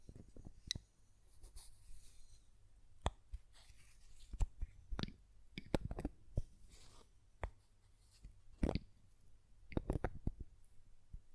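A glass perfume bottle is tapped and handled, giving short, sharp clicks and knocks scattered irregularly across the clip, some in quick clusters around the middle and near the end. Occasional brighter rattles suggest the lid, with a faint low hum between hits.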